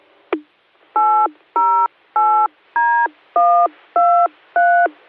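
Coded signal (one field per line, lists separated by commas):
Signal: DTMF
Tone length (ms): 320 ms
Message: 808D123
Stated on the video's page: DTMF macro programmed on Baofeng radios by a jammer, transmitted over a repeater during a weekly net.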